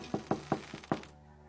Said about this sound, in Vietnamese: Đám trẻ đằng sau cứ giục: gõ đi, gõ đi. Tôi dồn hết sức can đảm gõ nhẹ vào cánh cửa 3 tiếng.